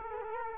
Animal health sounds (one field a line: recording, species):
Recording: mosquito wingbeat signal from an infrared sensor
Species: Culex quinquefasciatus